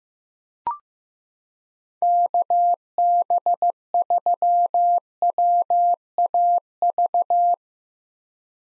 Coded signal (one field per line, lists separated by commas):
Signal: Morse code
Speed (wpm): 15 wpm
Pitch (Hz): 700 Hz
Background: none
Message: KB3WAV